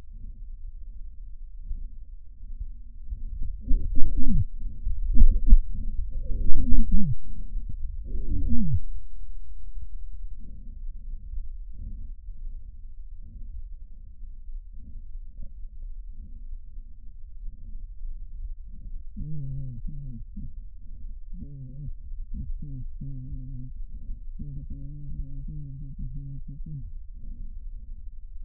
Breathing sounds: lung sounds by stethoscope; left anterior apical chest; quiet breathing, then cough and speech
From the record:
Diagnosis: interstitial lung disease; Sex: male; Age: 72 years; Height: 167 cm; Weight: 74 kg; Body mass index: 26.5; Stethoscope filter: bell mode

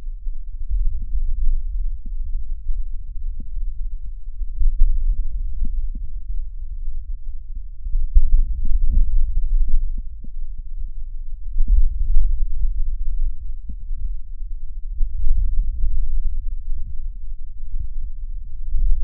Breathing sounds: lung sounds by stethoscope; left anterior apical chest; quiet breathing, then deep breathing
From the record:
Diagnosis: COPD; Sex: male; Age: 85 years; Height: 183 cm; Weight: 88 kg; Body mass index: 26.3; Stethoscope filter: bell mode

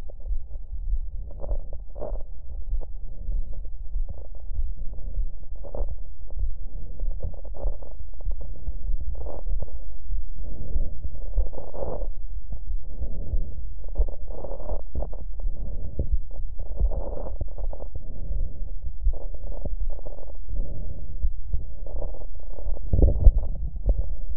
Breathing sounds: lung sounds by stethoscope; left anterior apical chest; quiet breathing, then deep breathing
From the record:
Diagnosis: interstitial lung disease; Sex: female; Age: 68 years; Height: 152 cm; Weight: 76 kg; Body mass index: 32.9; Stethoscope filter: extended mode

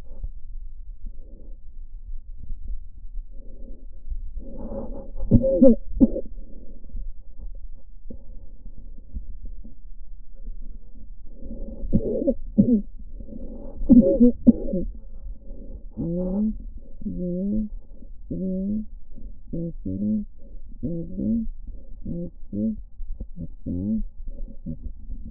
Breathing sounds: lung sounds by stethoscope; left posterior basal chest; quiet breathing, then cough and speech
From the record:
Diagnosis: COPD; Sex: female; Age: 68 years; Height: 150 cm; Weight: 70 kg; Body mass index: 31.1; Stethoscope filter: diaphragm mode

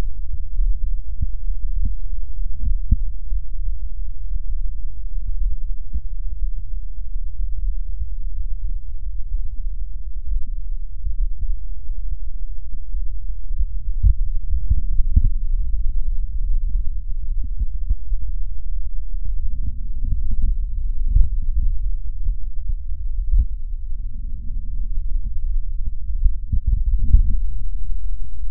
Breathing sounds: lung sounds by stethoscope; right posterior basal chest; quiet breathing, then deep breathing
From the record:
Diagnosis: none (healthy); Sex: male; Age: 30 years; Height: 190 cm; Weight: 88 kg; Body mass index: 24.4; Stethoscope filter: bell mode

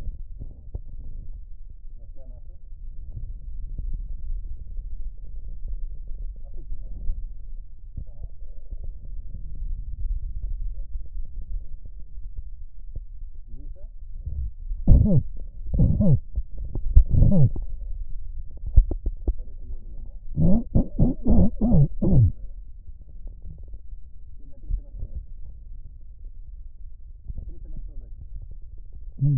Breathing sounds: lung sounds by stethoscope; right posterior apical chest; quiet breathing, then cough and speech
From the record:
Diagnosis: COPD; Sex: male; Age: 70 years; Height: 170 cm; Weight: 74 kg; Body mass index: 25.6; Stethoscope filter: extended mode

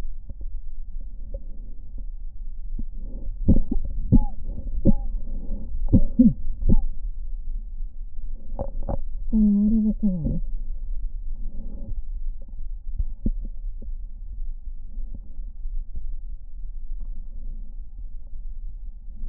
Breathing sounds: lung sounds by stethoscope; right posterior basal chest; quiet breathing, then cough and speech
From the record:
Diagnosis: interstitial lung disease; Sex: female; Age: 60 years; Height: 154 cm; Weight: 68.1 kg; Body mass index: 28.7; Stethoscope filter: diaphragm mode

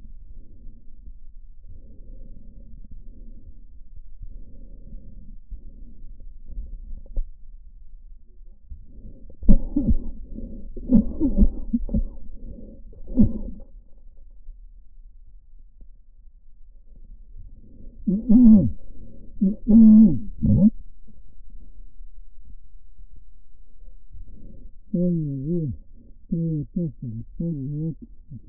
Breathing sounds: lung sounds by stethoscope; left posterior apical chest; quiet breathing, then cough and speech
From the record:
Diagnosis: COPD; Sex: male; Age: 75 years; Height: 182 cm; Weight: 98 kg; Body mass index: 29.6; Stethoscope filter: diaphragm mode

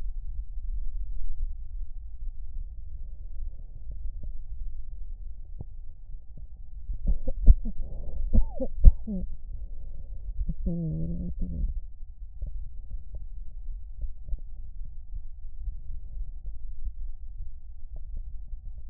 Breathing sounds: lung sounds by stethoscope; right anterior apical chest; quiet breathing, then cough and speech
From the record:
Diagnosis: asthma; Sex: female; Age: 72 years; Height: 160 cm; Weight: 63.4 kg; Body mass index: 24.8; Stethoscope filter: extended mode

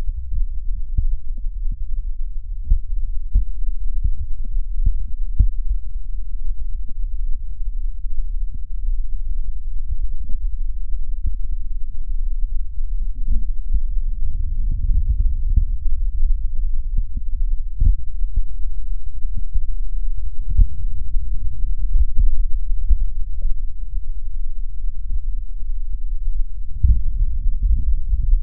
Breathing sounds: lung sounds by stethoscope; right posterior basal chest; quiet breathing, then deep breathing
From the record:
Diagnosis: none (healthy); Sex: male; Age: 35 years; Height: 186 cm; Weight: 108 kg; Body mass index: 31.2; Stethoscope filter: bell mode

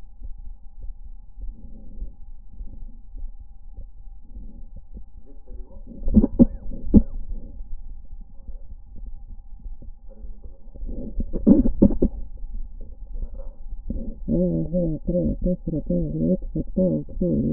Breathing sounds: lung sounds by stethoscope; left anterior apical chest; quiet breathing, then cough and speech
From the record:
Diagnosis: interstitial lung disease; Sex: female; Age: 70 years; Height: 160 cm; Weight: 93 kg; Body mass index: 36.3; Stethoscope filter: diaphragm mode

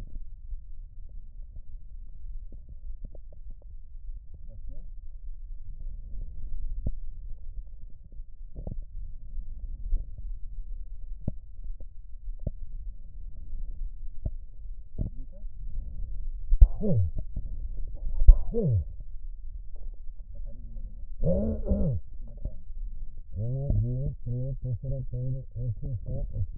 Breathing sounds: lung sounds by stethoscope; left posterior apical chest; quiet breathing, then cough and speech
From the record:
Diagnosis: pulmonary infection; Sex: male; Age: 54 years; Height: 187 cm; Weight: 95 kg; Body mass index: 27.2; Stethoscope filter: extended mode

